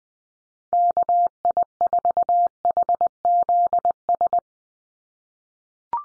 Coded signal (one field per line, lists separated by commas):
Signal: Morse code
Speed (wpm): 20 wpm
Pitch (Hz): 700 Hz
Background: none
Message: KI4HZS